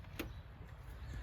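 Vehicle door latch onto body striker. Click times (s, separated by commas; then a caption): 0.2 s. A Jeep CJ/YJ hard door is pushed harder from its first, wobbly latch click until the door latch catches the second click on the body striker, heard as a sharp click at 0.2 s against low background rumble. The latch is now fully locked all the way in, leaving the door and tub flush.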